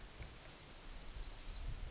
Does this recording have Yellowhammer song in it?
yes